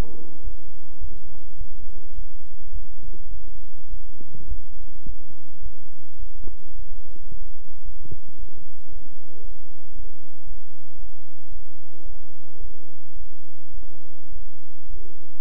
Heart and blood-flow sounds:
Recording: heart sounds by stethoscope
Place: between the tricuspid and mitral areas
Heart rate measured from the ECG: 108 bpm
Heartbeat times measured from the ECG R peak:
0.42 s: heartbeat
0.99 s: heartbeat
1.56 s: heartbeat
2.13 s: heartbeat
2.71 s: heartbeat
3.29 s: heartbeat
3.88 s: heartbeat
4.46 s: heartbeat
5.03 s: heartbeat
5.60 s: heartbeat
6.17 s: heartbeat
6.73 s: heartbeat
7.28 s: heartbeat
7.83 s: heartbeat
8.36 s: heartbeat
8.89 s: heartbeat
9.41 s: heartbeat
9.93 s: heartbeat
10.44 s: heartbeat
10.96 s: heartbeat
11.49 s: heartbeat
12.03 s: heartbeat
12.58 s: heartbeat
13.13 s: heartbeat
13.71 s: heartbeat
14.29 s: heartbeat
14.87 s: heartbeat
From the record:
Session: bicycle stress test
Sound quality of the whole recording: good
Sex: male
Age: 26 years

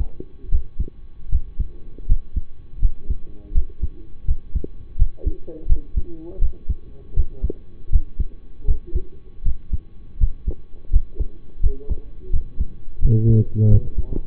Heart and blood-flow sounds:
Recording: heart sounds by stethoscope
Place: between the tricuspid and mitral areas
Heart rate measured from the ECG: 82 bpm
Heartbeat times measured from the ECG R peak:
0.49 s: heartbeat
1.29 s: heartbeat
2.06 s: heartbeat
2.79 s: heartbeat
3.52 s: heartbeat
4.25 s: heartbeat
4.96 s: heartbeat
5.66 s: heartbeat
6.39 s: heartbeat
7.14 s: heartbeat
7.89 s: heartbeat
8.65 s: heartbeat
9.43 s: heartbeat
10.17 s: heartbeat
10.90 s: heartbeat
11.60 s: heartbeat
12.30 s: heartbeat
12.99 s: heartbeat
13.68 s: heartbeat
From the record:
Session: rest, lying down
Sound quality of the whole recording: partially saturated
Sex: male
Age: 25 years

